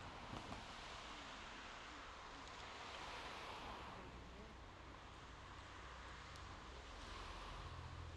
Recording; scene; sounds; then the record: everyday scene through a hearing-aid microphone; in traffic; traffic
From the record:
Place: main road on the outskirts, rush hour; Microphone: in the ear canal, left